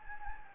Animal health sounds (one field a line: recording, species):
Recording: mosquito wingbeat signal from an infrared sensor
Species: Anopheles gambiae